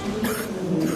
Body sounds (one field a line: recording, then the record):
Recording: coughing mixed with background sound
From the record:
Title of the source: 30 Chesty and wet cough